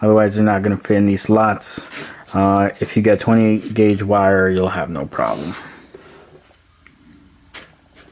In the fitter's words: There you go, there's the click.